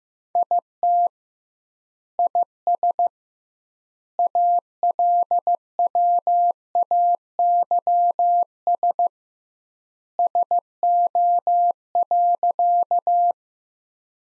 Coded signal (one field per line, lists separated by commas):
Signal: Morse code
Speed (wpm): 15 wpm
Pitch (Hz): 700 Hz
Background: none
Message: IT IS ALWAYS SO.